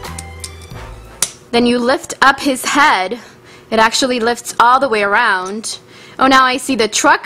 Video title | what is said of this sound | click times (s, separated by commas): Transformers that Fly! Windblade, Scattershot, Decepticon Vortex, Skywarp Lots of Toys | you can actually snap it back into place | 1.2 s